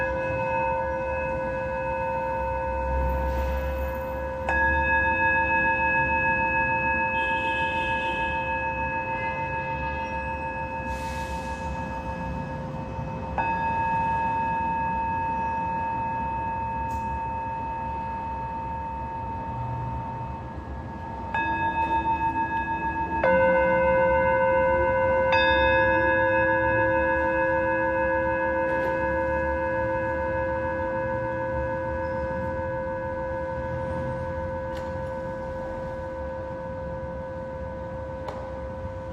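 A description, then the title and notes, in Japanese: A Tibetan singing bowl rings with long, steady tones that hum and slowly fade. Fresh strikes or rubs arrive around 5, 13, 21 and 23 seconds, each adding a new layered pitch over the lingering ring, with a soft low rumble underneath. メキシコから シンギングボウルのサウンドヒーリング。チベタンシンギングボウル。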